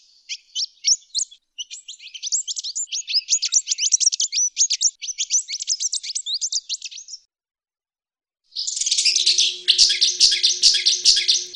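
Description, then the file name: Whydah song: a long stream of high, squeaky twitters, a short silence, then a burst of harsh buzzy notes over a faint hum. "pintailed paradise whydah"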